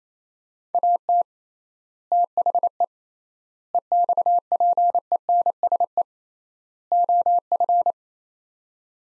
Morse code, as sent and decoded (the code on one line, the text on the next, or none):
.- - / - .... . / . -..- .--. . -. ... . / --- ..-.
AT THE EXPENSE OF